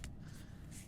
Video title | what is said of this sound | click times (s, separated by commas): Best And Worst Cases For Samsung Galaxy S25 Ultra | and should just click into place here just go all the way around the corners | 0.0 s